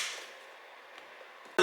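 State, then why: Seated. An OEM black plastic interior trim panel is aligned and pushed into an FR-S RC Edition car interior, worked down along its edge so the plastic retaining clips snap home. A fading hiss at the start gives way to near silence, then a sharp, loud click at 1.6 s. The panel is seated.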